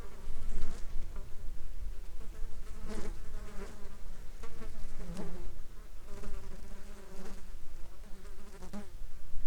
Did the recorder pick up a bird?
no